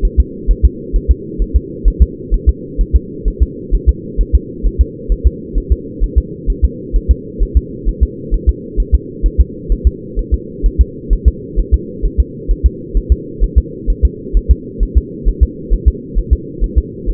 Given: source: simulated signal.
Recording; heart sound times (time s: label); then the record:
fetal heart sounds
0.05 s: S1
0.20 s: S2
0.51 s: S1
0.65 s: S2
0.96 s: S1
1.11 s: S2
1.42 s: S1
1.56 s: S2
1.88 s: S1
2.02 s: S2
2.34 s: S1
2.49 s: S2
2.81 s: S1
2.96 s: S2
3.28 s: S1
3.43 s: S2
3.75 s: S1
3.89 s: S2
4.21 s: S1
4.35 s: S2
4.66 s: S1
4.81 s: S2
5.12 s: S1
5.27 s: S2
5.58 s: S1
5.72 s: S2
6.04 s: S1
6.18 s: S2
6.50 s: S1
6.65 s: S2
6.96 s: S1
7.11 s: S2
7.43 s: S1
7.57 s: S2
7.88 s: S1
8.03 s: S2
8.34 s: S1
8.49 s: S2
8.80 s: S1
8.95 s: S2
9.26 s: S1
9.41 s: S2
9.72 s: S1
9.87 s: S2
10.19 s: S1
10.34 s: S2
10.66 s: S1
10.81 s: S2
11.13 s: S1
11.28 s: S2
11.59 s: S1
11.74 s: S2
12.06 s: S1
12.20 s: S2
12.51 s: S1
12.66 s: S2
12.97 s: S1
13.12 s: S2
13.44 s: S1
13.58 s: S2
13.90 s: S1
14.05 s: S2
14.37 s: S1
14.51 s: S2
14.83 s: S1
14.97 s: S2
15.28 s: S1
15.43 s: S2
15.74 s: S1
15.88 s: S2
16.18 s: S1
16.33 s: S2
16.64 s: S1
16.78 s: S2
17.10 s: S1
From the record:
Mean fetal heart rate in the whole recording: 130 bpm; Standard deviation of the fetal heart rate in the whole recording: 2 bpm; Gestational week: 36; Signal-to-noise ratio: -4.1 dB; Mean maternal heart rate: no maternal heart sound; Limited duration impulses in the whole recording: absent